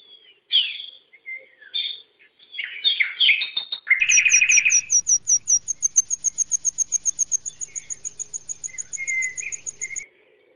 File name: Canto do estorninho preto